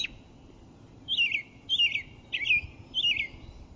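American robin song: a brief opening note, then four short warbled phrases about two-thirds of a second apart.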